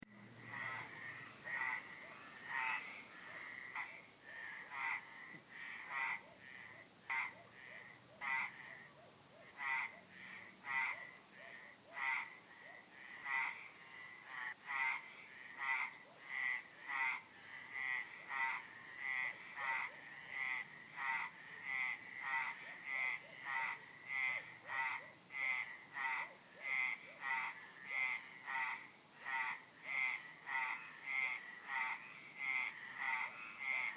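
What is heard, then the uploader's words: Frogs call steadily throughout, a dense chorus of short, bright croaks repeating at a quick, fairly regular pulse of roughly two per second. The calls overlap slightly, rising and falling in loudness, over a faint low background hum. The Frogs at Le -Bar-sur-Loup. Grenouilles.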